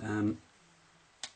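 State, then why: Seated. Someone talks briefly at the start as the plastic back battery case is slid over an HTC 8S smartphone and gently pressed down. A sharp snap is heard at 1.2 s as the case seats in place.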